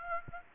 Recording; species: mosquito wingbeat signal from an infrared sensor; Aedes aegypti